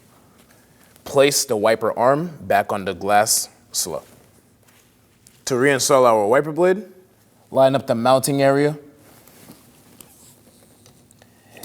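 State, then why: Not seated. A windshield wiper blade's plastic mounting area is lined up with the wiper arm before it is slid in. Someone talks, and only light handling noises are heard, including a few brief taps near the end. Nothing has seated or clicked yet.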